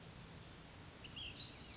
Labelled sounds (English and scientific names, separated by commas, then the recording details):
Ash-throated Flycatcher (Myiarchus cinerascens)
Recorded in Sonoma County, California